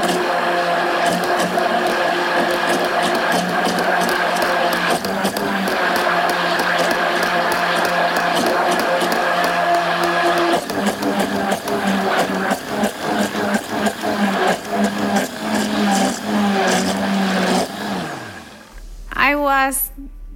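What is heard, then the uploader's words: A kitchen appliance motor runs loud, a steady droning hum with constant clattering and ticking over it. Around ten seconds its pitch steps down and gets rougher, and near the end it winds down, then gives a brief rising whine. An episode recorded in the kitchen of the restaurant. ASMR sounds from the kitchen.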